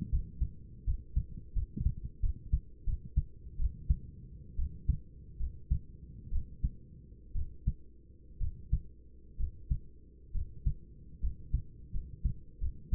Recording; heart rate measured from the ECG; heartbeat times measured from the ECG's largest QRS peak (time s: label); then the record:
heart sounds by stethoscope; 72 bpm
0.10 s: heartbeat
0.85 s: heartbeat
1.54 s: heartbeat
2.21 s: heartbeat
2.85 s: heartbeat
3.58 s: heartbeat
4.57 s: heartbeat
5.39 s: heartbeat
6.31 s: heartbeat
7.34 s: heartbeat
8.40 s: heartbeat
9.38 s: heartbeat
10.34 s: heartbeat
11.21 s: heartbeat
11.93 s: heartbeat
12.60 s: heartbeat
From the record:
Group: healthy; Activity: rest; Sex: male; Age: 24 years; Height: 184 cm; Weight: 89 kg